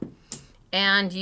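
Two small tabs on the back of a plastic height extender from a stamping tool are pinched together, and a sharp, bright click sounds at 0.3 s as the extender unlatches and is released. A faint tick comes at the very start, and someone talks from about 0.7 s onward.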